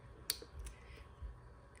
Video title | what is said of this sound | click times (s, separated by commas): Bag O' Bones Spirit Halloween Jump Scare Animatronic Unboxing & Review | it's going to make a nice little click noise then we're gonna also do the same with | 0.3 s